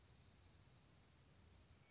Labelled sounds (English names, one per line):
Dark-eyed Junco